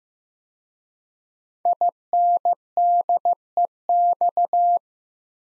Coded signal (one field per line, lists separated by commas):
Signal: Morse code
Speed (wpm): 15 wpm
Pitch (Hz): 700 Hz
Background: none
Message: INDEX